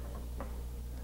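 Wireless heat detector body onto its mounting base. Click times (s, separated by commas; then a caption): 0.4 s. A Honeywell 5809 wireless heat detector is slid onto the bigger side of the keyhole slots on its ceiling or wall mounting base and turned clockwise. One short tick is heard at 0.4 s over a steady low hum as the detector locks into place on the base.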